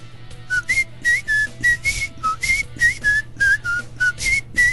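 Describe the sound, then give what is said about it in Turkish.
A person whistles a lively melody in short, bright notes that hop up and down in pitch, about a dozen tones in quick succession over a low steady hum. “Baktın tizlerde tıkandın öbür A tipi ıslığa dönersin.”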